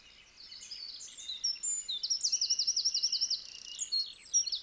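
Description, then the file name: Eurasian wren singing a fast, high-pitched phrase that builds into a rapid, regular trill and ends with scattered piercing notes. "Troglodytes troglodytes"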